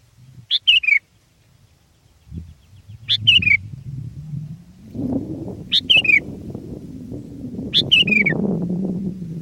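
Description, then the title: Sooty-headed bulbul repeating a cheerful, gurgling phrase four times, each stepping down in pitch, while a low rumbling background grows louder. "kutilang"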